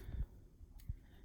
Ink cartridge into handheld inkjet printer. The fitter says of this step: and you'll notice that it'll go in pretty easily and it'll click into place.